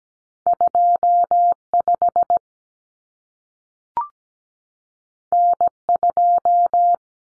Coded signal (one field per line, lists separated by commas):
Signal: Morse code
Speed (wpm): 17 wpm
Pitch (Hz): 700 Hz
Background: none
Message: 25 N2